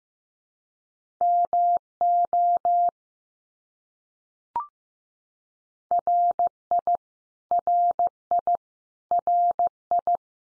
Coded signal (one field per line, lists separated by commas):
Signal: Morse code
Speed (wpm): 15 wpm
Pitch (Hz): 700 Hz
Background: none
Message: MO RI RI RI